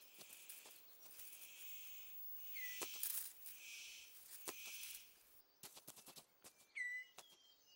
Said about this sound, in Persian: بسیار تاثیرگذار، ولی تماشاگری در کار نیست. این پرنده تراز اول و درجه 1 برای جلب یک ماده از خود صدا در می آورد و باز هم شانس همراه اوست.